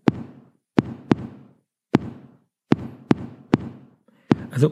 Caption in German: Das normale Vorhofflimmern klingt so. Also. Ungeordnet.